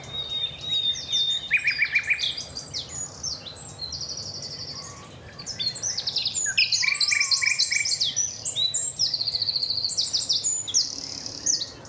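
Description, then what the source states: Common Nightingale delivering long, varied song phrases: rattling repeated notes, pure whistles and rich trills, with a brief pause before a loud, energetic burst. Increasingly scarce bird singing at the crack of dawn on a common with woodland in Dorset, Britain.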